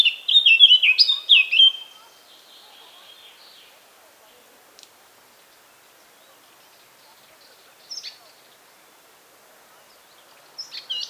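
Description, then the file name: Eurasian blackcap giving a quick two-second burst of tangled warbling notes, then long quiet with only a couple of short high chirps near the end. "Sylvia atricapilla"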